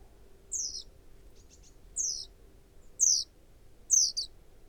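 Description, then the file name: Great tit calls: four thin, high notes sliding downward, spaced about a second apart, with a faint low hum and soft background noise. "Parus major"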